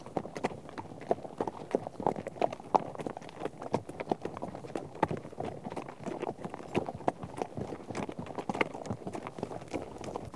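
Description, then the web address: Horse hoofbeats, a dense, steady clatter of many hooves on the ground throughout. A herd of horses out on a trek. "BBC Sound Effects Library - Horses Herd of horses out on trek"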